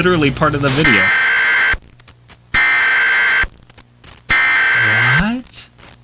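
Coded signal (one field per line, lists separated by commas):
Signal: Emergency Alert System (SAME) tones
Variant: header bursts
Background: speech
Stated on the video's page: Fictional EAS scenarios, not real alerts.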